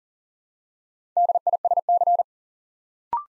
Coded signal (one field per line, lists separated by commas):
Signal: Morse code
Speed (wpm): 39 wpm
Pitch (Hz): 700 Hz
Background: none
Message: DISC